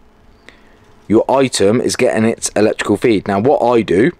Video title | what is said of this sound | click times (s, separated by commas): AUXBEAM switch panel GIVEAWAY. Full REVIEW. Sprinter Vanbuild | that will click into there and then you take that to wherever | 0.5 s